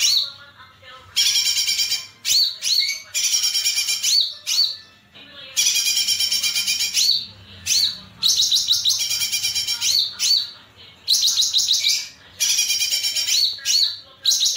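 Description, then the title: Streaked spiderhunter song: loud bursts of harsh, rapid chattering notes of varying length, separated by short pauses and sharp chips. Master recording for training caged birds; long, clear, vigorous song. "Pijantung Gunung Gacor Jernih Panjang"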